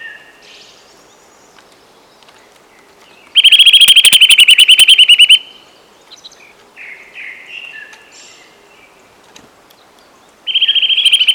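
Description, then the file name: Eurasian nuthatch calling in fast, even trills of high repeated notes, one two-second burst and another starting at the end, softer bird calls in between. "Sitta europaea"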